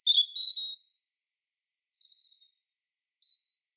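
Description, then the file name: European robin song: a bright, rapid warble, then after a pause quieter thin, high notes including a short high whistle. "Erithacus rubecula"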